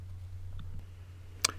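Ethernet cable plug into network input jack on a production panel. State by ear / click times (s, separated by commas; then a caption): seated / 1.4 s. An ethernet cable's plastic RJ45 plug is pushed into a network jack on the camera input panel of a mobile cast unit. Over a steady low hum, faint small ticks come first, then a single sharp, loud click at 1.4 seconds as the plug seats in the jack.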